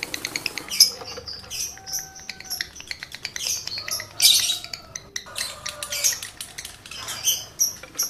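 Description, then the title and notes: Lovebird song: rapid clicking chatter broken by loud shrill screeches and thin whistled notes. Male lovebird in breeding condition; the song is used as a lure to stimulate other lovebirds to sing. "Birahi Lovebird Jantan ke Gacor. Pancingan Suara Lovebird jantan birahi"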